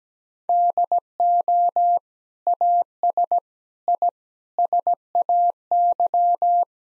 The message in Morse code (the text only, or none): DO AS I SAY